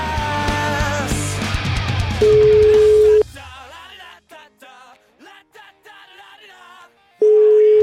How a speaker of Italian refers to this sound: Telefono.